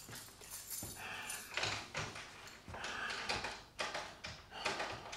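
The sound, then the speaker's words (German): Keys jangle and scrape as a key that does not fit is pushed and twisted in a door lock, a run of bright metallic clicks and rattles in uneven bursts with no voices. “Der Schlüssel passt nicht.”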